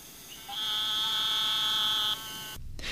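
Eastern narrow-mouthed toad producing a single steady nasal buzz of about one and a half seconds, followed by a brief burst of noise.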